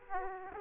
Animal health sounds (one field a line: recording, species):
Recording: mosquito wingbeat signal from an infrared sensor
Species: Aedes aegypti